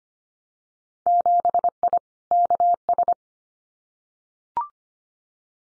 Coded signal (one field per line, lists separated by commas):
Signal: Morse code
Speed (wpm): 25 wpm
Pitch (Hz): 700 Hz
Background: none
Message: 7I KS